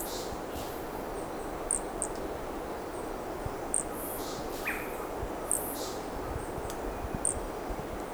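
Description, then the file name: Brachycephalus toadlet calling with brief, high, chirped notes roughly every two seconds, over a steady hiss with faint other sounds. Undetermined Brachycephalus species, individual 1, recorded at Corcovado; the first two notes of the call are missing. "MHNCI Brachycephalus sp ind 1 Corcovado two starting notes lost"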